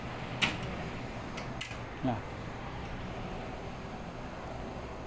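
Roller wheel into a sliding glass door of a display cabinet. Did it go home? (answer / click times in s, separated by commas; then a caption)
yes / 1.6 s. A replacement roller wheel is pushed into the bottom track of a sliding glass display-cabinet door and pressed firmly. It snaps into place with a sharp click at 1.6 s. Someone talks, and the wheel is seated.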